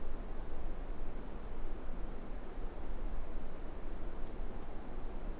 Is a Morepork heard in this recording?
no